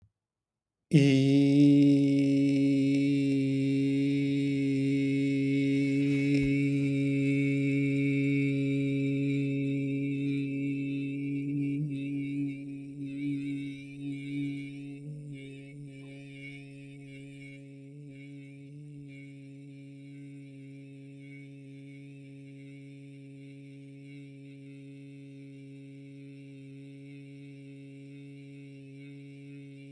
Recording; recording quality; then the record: sustained vowel as in beet; excellent, no background noise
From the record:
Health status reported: exposed to COVID-19, no respiratory illness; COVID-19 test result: negative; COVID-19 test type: RT-PCR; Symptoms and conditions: fatigue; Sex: male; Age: 43 years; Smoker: no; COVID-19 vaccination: both doses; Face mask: not worn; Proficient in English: yes